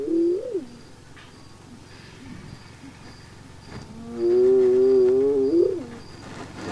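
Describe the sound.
Hyena whoops: a short rising call, a pause, then a long loud quavering whoop that climbs at the end, with faint insect pulses in the background.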